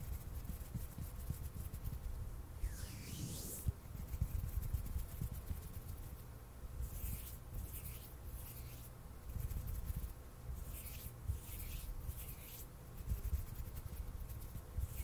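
Hands rub and brush together in a dense, continuous texture of low rumbling friction and scratchy hiss. Bright swishing strokes rise out of it, one near the third second and a rapid series from about seven to thirteen seconds, over a faint steady hum.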